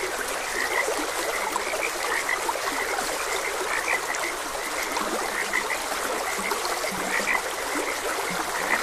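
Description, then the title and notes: Frogs uttering clipped high croaks and occasional low drawn-out croaks, set against a gently rushing stream. Frogs croaking beside a gentle stream. "Frogs Croaking. Sleep and Relaxation Podcast"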